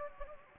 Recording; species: mosquito wingbeat signal from an infrared sensor; Anopheles gambiae